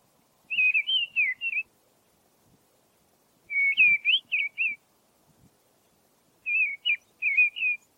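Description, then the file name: Mistle thrush song of three clear whistled phrases, each a run of warbling, slurred notes with gaps of about two seconds, in a calm background. "grive-draine-timo s"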